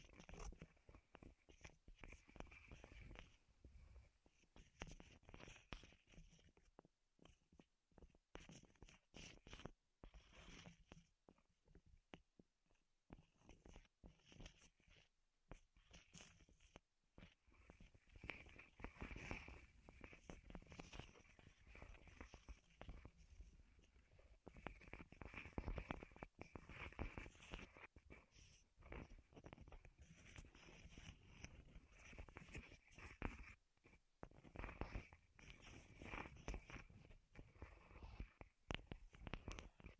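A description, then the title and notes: Wooden triggers tapped and scratched in quick, uneven bursts of dry clicks and rasps. The sounds sit mostly in a bright, crisp middle range, sparse with short pauses in the first half, then growing denser and louder from about twenty seconds on. ASMR Wood Triggers in Your Ears (No Talking).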